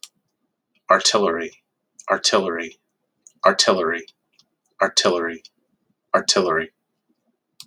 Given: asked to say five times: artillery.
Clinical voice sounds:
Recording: repeated word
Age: 30 to 39 years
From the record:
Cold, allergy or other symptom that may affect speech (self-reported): no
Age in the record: 39 years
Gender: other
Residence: Oregon, United States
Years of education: 14

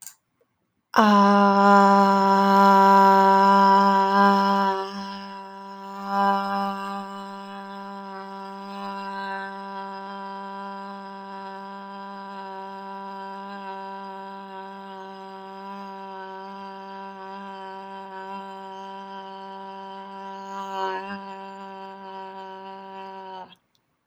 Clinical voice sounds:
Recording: vowel held as long as possible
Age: 20 to 29 years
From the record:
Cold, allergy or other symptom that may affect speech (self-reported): no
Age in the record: 26 years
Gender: other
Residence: Massachusetts, United States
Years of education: 16

